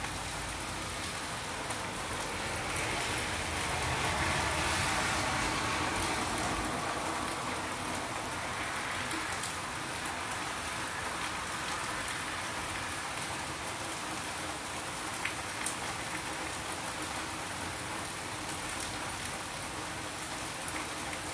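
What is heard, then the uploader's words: Heavy rain pours down steadily, a dense, unbroken hiss spread from low rumble to bright sizzle. The level stays nearly constant, swelling slightly around five seconds, with a few sharper drip-like ticks near fifteen seconds. Lots and lots of rain. Loud loud rain.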